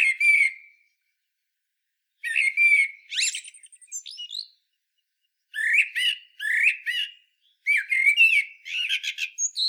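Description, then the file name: Common blackbird with a run of warbled notes mixed with scratchy, squeaky twitters, phrases coming in uneven bursts with short silences. "Turdus merula"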